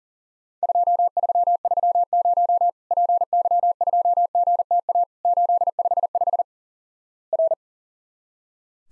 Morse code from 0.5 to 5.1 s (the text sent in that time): 2330 PY2GTA